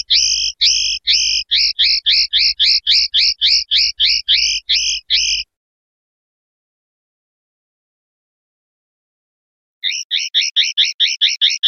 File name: suara burung chardonneret atau goldfinch eropa om kicau